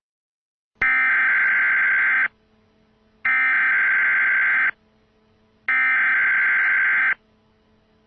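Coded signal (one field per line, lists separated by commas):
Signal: Emergency Alert System (SAME) tones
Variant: header bursts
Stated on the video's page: Fictional scenario.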